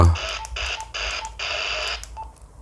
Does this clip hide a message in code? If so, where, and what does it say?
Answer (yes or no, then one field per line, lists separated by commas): no